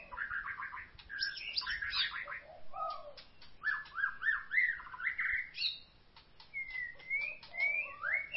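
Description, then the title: White-rumped shama song of repeated rising whistles, chattery trills and clipped ticks, ending in clear slurred whistled notes. "Kicau Murai Batu"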